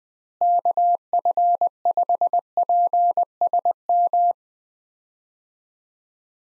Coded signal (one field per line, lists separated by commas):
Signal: Morse code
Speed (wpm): 21 wpm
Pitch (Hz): 700 Hz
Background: none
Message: KF5PSM